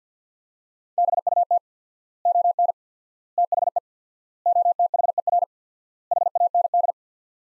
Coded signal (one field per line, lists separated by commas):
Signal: Morse code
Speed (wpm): 50 wpm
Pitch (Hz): 700 Hz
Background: none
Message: BUT ON THE OTHER HAND